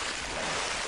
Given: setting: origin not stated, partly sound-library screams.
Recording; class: one-second piece from a danger detection set; normal situation